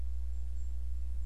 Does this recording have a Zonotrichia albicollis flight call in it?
no